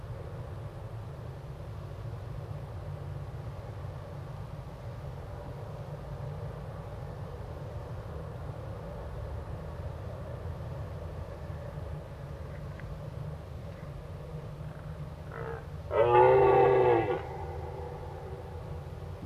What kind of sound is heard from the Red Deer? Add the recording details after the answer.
roaring. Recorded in the wild. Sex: male. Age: adult. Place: Schloß Holte-Stukenbrock, Senne, Nordrhein-Westfalen, DE. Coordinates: 51.85, 8.73333. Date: 1966. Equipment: Uher 4000 Report-S, Bändchenmikro Beyer M 260, Parabolspiegel Polyester (470 mm). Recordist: Conrads, Klaus. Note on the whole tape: Truppenübungsplatz Senne. Männchen: Laute. Keine genaue Datumsangabe: September 1966